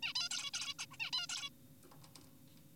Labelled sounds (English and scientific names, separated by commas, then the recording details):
Zebra Finch (Taeniopygia guttata)
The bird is an adult
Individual g4p5U